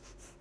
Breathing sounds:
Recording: one breath in and out by a microphone near the nose and mouth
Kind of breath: strong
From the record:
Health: marked as sick, illness not named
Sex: female

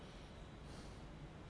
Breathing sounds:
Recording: one breath in and out by a microphone near the nose and mouth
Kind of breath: normal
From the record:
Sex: male

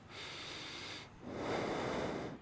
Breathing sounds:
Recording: one breath in and out by a microphone near the nose and mouth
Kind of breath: normal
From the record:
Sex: male

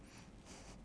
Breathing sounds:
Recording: one breath in and out by a microphone near the nose and mouth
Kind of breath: strong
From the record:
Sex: male

